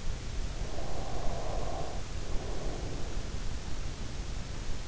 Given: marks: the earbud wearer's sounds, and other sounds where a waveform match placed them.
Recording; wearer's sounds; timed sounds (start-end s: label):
sounds in sleep by an in-ear microphone; breath
0.36-3.72 s: breath